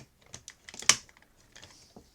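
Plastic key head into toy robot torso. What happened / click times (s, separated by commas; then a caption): The plastic piece snapped into place / 0.9 s. A plastic key head on the Japanese version of a toy robot is pushed into the robot's torso. A few light plastic taps and clicks lead up to one sharp, loud click at 0.9 s, followed by faint handling sounds. The key seats securely with a satisfying click that confirms it is locked in place.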